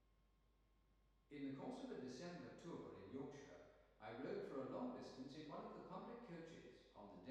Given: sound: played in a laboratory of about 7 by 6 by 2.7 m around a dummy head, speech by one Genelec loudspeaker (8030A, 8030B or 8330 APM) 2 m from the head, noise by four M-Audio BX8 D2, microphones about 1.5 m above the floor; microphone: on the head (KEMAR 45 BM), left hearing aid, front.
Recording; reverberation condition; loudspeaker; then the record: male speech in English; high; 150 degrees to the right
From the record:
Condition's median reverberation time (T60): about 1300 ms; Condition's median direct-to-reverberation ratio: about -4.0 dB